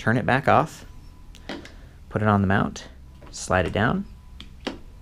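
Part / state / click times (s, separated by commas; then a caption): e-bike display into handlebar mount / seated / 4.4 s, 4.7 s. Someone talks while a removable Bosch Intuvia handlebar LCD display for an e-bike is put on its handlebar mount and slid down. Clicks at 4.4 s and 4.7 s mark the display locking into place, so it is seated on the mount.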